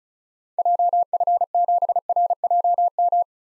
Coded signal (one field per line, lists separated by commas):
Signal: Morse code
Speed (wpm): 34 wpm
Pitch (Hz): 700 Hz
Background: none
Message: JF7RJM